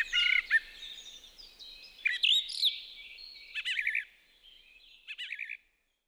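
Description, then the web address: Song thrush song, fairly soft: varied phrases ending in short repeated note groups, then silence. "liigid plaat laulurastas"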